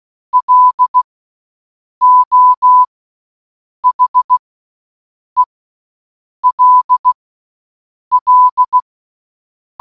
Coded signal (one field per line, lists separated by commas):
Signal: Morse code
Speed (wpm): 16 wpm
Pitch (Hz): 1000 Hz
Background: none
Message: LO HELL